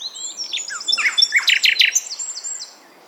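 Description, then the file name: Common nightingale song phrase with thin high whistles leading into a burst of rapid, loud clicking notes, then trailing off into faint high twitters. "Luscinia megarhynchos"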